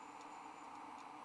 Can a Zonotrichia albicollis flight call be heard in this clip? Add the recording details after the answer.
no. No flight call is heard. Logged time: 03:51 on 13 December 2014